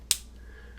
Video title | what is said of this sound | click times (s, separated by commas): Survivor Pens: AG Spalding & Bros | nice satisfying click. | 0.1 s